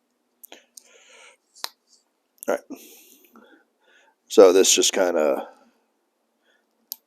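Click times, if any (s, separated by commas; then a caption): 6.9 s. The cap of a double cap rivet is pressed by hand onto its post through leather. There are small clicks and handling noises while someone talks, then a sharp click at 6.9 s as the cap snaps into place on the post.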